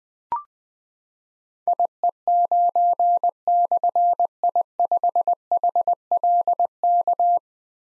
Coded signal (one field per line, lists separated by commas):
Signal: Morse code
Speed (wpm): 20 wpm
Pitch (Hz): 700 Hz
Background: none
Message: IE9/I5HLK